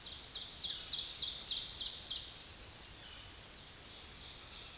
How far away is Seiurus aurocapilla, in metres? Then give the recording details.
about 25 m. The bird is about 5 m above the microphone. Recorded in a Pennsylvania forest on 16 May 2024 at 07:54. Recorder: AudioMoth, point MSD-1539. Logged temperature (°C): 16.0 °C. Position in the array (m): 149 m, 2 m